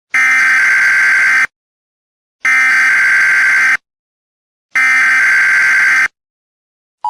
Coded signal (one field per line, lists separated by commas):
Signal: Emergency Alert System (SAME) tones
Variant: header bursts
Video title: EAS: Tornado Emergency